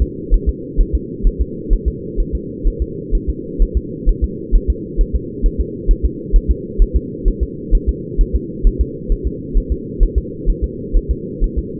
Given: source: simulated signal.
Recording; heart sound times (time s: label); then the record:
fetal heart sounds
0.02 s: S2
0.34 s: S1
0.49 s: S2
0.80 s: S1
0.95 s: S2
1.27 s: S1
1.41 s: S2
1.73 s: S1
1.88 s: S2
2.20 s: S1
2.35 s: S2
2.67 s: S1
2.82 s: S2
3.15 s: S1
3.29 s: S2
3.62 s: S1
3.77 s: S2
4.09 s: S1
4.24 s: S2
4.55 s: S1
4.70 s: S2
5.01 s: S1
5.16 s: S2
5.46 s: S1
5.61 s: S2
5.91 s: S1
6.05 s: S2
6.36 s: S1
6.51 s: S2
6.82 s: S1
6.96 s: S2
7.28 s: S1
7.43 s: S2
7.75 s: S1
7.89 s: S2
8.21 s: S1
8.36 s: S2
8.67 s: S1
8.81 s: S2
9.12 s: S1
9.27 s: S2
9.57 s: S1
9.72 s: S2
10.03 s: S1
10.18 s: S2
10.49 s: S1
10.64 s: S2
10.97 s: S1
11.11 s: S2
11.44 s: S1
11.58 s: S2
From the record:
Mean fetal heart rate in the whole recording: 130 bpm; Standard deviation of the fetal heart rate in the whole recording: 2 bpm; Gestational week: 38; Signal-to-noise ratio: -4.1 dB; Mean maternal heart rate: no maternal heart sound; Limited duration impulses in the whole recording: absent